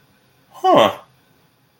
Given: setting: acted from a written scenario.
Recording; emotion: vocal sound without words; interest